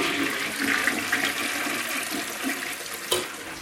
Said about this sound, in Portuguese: Deixa eu puxar a descarga também, deixa.